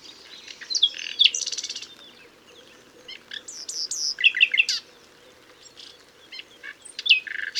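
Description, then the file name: Common nightingale singing rapid, changeable phrases of clicks, whistles and harsh buzzes, pausing briefly between bursts, with faint background noise. "Luscinia megarhynchos"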